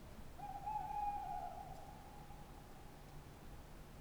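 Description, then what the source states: Tawny owl hoot: a low, even note held for about a second, then a faint lingering tail. Tawny owl at night on wooded banks of the Dordogne near Limeuil, France, under a starry sky; end of Cadouin festival; recorded with Sonosax SX-R4+ and DPA 4022 microphones.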